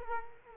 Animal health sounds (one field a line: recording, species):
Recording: mosquito wingbeat signal from an infrared sensor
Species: Culex quinquefasciatus